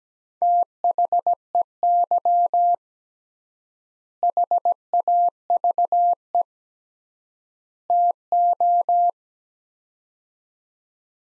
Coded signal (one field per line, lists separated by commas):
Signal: Morse code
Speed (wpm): 17 wpm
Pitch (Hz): 700 Hz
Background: none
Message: THEY HAVE TO